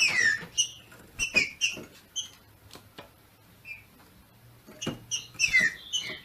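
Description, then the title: Green-winged saltator delivering short whistled chirps and downslurred notes at the start and end, separated by a quieter stretch with faint clicks. Female singing in male style to stimulate and excite the male. "FÊ MEA DE TRINCA FERRO MACHEANDO PARA ESQUENTAR O MACHO"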